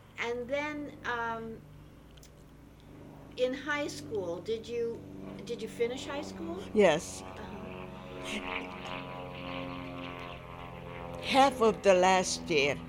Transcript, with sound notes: And then, in high school, did you, did you finish high school? ( an airplane can be heard on the tape )
Half of the last year.